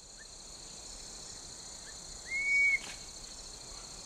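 Chestnut-breasted cuckoo uttering a single rising drawn-out whistle and a few faint short notes, partly masked by loud, constant insect buzzing.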